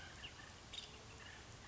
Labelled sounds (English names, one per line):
Nuttall's Woodpecker